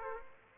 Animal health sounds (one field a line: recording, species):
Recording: mosquito wingbeat signal from an infrared sensor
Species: Aedes aegypti